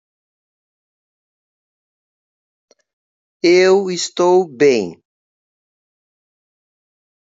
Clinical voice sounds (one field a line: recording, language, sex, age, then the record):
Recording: spoken sentence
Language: Brazilian Portuguese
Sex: female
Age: 70 to 79 years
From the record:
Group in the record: control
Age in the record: 70 years